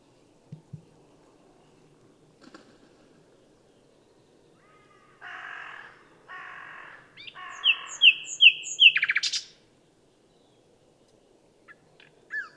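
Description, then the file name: Common nightingale song: a few soft clicks, then harsh buzzy blocks, followed by a fast series of loud repeated notes ending in a high rattling trill. "Luscinia megarhynchos"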